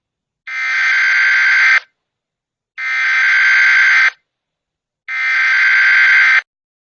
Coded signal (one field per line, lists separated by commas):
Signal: Emergency Alert System (SAME) tones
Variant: header bursts